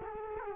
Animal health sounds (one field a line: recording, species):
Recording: mosquito wingbeat signal from an infrared sensor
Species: Culex quinquefasciatus